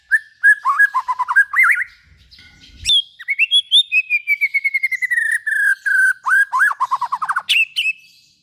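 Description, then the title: White-rumped shama song with fluty warbling phrases, then a long run of rapid repeated whistled notes slowly falling in pitch, closing with sharp high notes. Long-duration lure call of white-rumped shama song. "Pikat Murai Batu Durasi Panjang"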